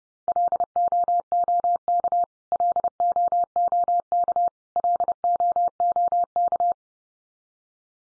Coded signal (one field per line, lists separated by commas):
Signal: Morse code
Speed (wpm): 30 wpm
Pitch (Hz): 700 Hz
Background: none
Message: LOOK LOOK LOOK